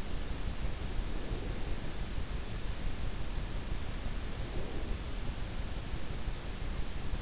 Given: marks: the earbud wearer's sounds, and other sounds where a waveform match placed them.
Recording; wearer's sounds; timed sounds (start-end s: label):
sounds in sleep by an in-ear microphone; breath
1.02-1.80 s: breath
4.35-4.80 s: breath